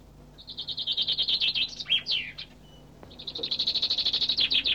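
Finch song with a fast rattling trill, a couple of sweeping notes in the middle, then another rapid trill.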